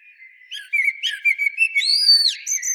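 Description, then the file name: Eurasian blackbird singing a run of sustained whistled notes that slide up and down, then a long high whistle near the end. "Turdus merula"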